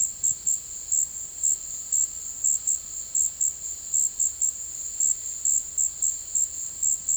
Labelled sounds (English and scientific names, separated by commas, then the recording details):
none
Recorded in secondary vegetation near Puerto Asís, Putumayo, Colombia, on 20 February 2024 at 15:00
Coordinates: 0.481, -76.323
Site G6376